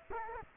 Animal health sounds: mosquito wingbeat signal from an infrared sensor; Culex quinquefasciatus

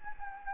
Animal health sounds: mosquito wingbeat signal from an infrared sensor; Anopheles gambiae

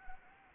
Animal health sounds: mosquito wingbeat signal from an infrared sensor; Anopheles arabiensis

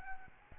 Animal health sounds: mosquito wingbeat signal from an infrared sensor; Aedes albopictus

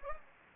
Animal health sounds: mosquito wingbeat signal from an infrared sensor; Anopheles gambiae

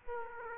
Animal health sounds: mosquito wingbeat signal from an infrared sensor; Aedes aegypti

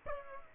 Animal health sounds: mosquito wingbeat signal from an infrared sensor; Aedes aegypti

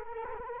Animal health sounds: mosquito wingbeat signal from an infrared sensor; Culex quinquefasciatus

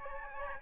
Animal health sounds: mosquito wingbeat signal from an infrared sensor; Aedes albopictus

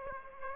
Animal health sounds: mosquito wingbeat signal from an infrared sensor; Aedes aegypti

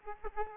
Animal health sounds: mosquito wingbeat signal from an infrared sensor; Aedes aegypti

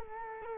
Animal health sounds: mosquito wingbeat signal from an infrared sensor; Culex quinquefasciatus

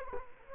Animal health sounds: mosquito wingbeat signal from an infrared sensor; Culex quinquefasciatus

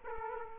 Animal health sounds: mosquito wingbeat signal from an infrared sensor; Aedes aegypti

